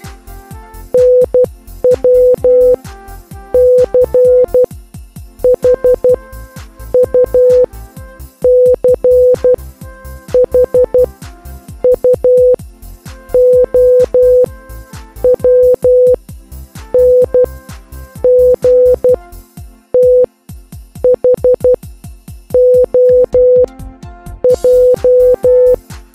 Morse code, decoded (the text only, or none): NW CHU CHUOWNG THOJ